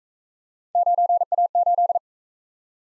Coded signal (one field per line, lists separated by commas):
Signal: Morse code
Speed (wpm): 40 wpm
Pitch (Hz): 700 Hz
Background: none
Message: 9A8